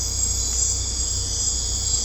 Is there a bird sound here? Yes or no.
no